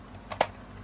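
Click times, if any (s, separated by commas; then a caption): 0.3 s, 0.4 s. Plastic pieces are pushed into the yellow slots of a Spin Master 2021 Monster Jam Megalodon Monster Wash monster truck car wash playset. A sharp double snap is heard at 0.3 s and 0.4 s, with the second snap louder. The pieces seat in the slots.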